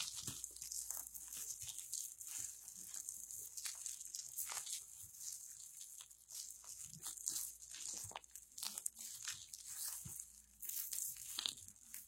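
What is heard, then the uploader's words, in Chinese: Shaving: a steady bright hiss of the razor with dense, irregular crackling scrapes across the stubble, sharper crunchy strokes every second or so. 刮胡子。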